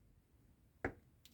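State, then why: Seated. A screwdriver is turned backwards on a screw going into the pre-threaded hole of a diecast RoboCop model base. A sharp click at 0.9 s shows the screw has dropped into the existing thread and caught it, so it is seated and ready to screw in. A fainter tick follows at 1.3 s.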